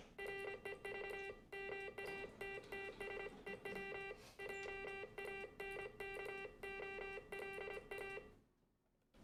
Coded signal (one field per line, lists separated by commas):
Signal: Morse code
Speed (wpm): 26 wpm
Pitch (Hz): 1550 Hz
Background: music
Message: REV MATTS EW JANKOLA